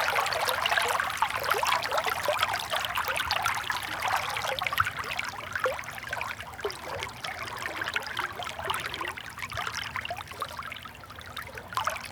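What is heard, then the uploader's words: A forest river runs steadily close by, a dense bright babble of splashing and trickling over a faint low hum that holds throughout. Relaxing River Sounds - Peaceful Forest River.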